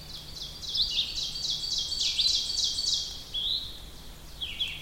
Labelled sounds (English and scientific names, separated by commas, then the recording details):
Ovenbird (Seiurus aurocapilla) song
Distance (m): 30 m
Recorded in boreal forest in Alberta, Canada, on 2 June 2016 at 07:24
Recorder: SongMeter 3, array SBT-3-7
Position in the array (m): 139 m, 135 m
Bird 8